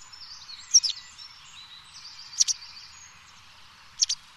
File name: Bergeronnette grise